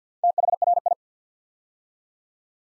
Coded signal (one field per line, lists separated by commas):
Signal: Morse code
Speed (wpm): 48 wpm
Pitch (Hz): 700 Hz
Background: none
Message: THRI